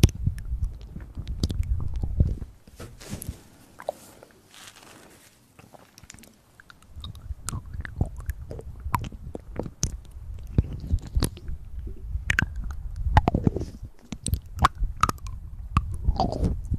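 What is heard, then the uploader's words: Mouth sounds made up of wet clicks, smacks and chewing-like noises, close together with uneven timing. The sounds thin out into a softer, breathy stretch from about 3 to 6 seconds, then the busy clicking returns and continues to the end. Sensitivity Spine Tingling Mouth Sounds.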